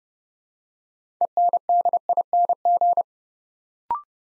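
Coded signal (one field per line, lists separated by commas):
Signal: Morse code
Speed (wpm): 30 wpm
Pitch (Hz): 700 Hz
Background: none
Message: ENDING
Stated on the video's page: Morse practice at 30 wpm building 6-letter words two letters at a time, for instant character recognition training.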